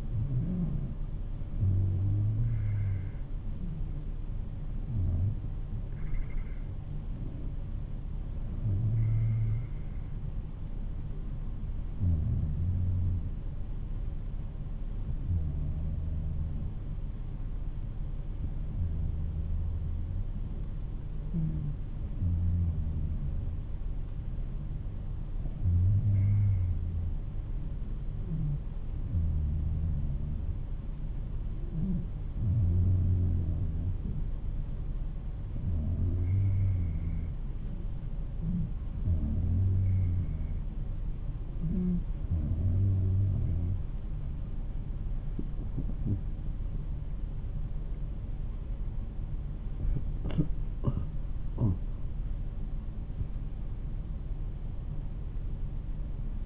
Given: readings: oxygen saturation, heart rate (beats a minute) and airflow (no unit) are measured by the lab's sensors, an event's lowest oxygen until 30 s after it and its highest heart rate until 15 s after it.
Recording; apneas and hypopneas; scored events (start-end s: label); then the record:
breathing in sleep by a smartphone at the bedside; 1
14.00-48.50 s: hypopnea (N2, oxygen 94% highest, then 93% lowest, heart rate 53 at the start, 60 highest)
From the record:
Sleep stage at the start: N2 (light sleep); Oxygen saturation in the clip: 93 to 95%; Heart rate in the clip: 51 to 59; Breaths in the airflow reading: 16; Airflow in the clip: -10.4 to 12.8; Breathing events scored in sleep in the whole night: 388 in 6.5 hours asleep